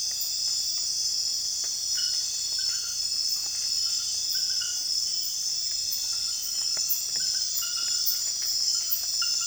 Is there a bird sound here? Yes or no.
no